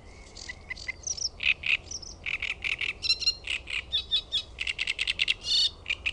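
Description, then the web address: Great reed warbler song: harsh, grating notes in quick bursts, repeated two or three times before switching, with higher squeaky chirps mixed through the phrase. "OMAT AANITYKSET RASTASKERTTUNEN"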